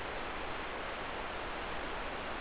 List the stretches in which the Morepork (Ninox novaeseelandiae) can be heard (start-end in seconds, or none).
none